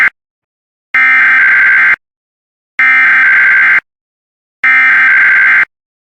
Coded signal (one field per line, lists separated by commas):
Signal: Emergency Alert System (SAME) tones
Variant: header bursts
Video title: Some Flash Flood Warnings & Weeklies From 10/27/2022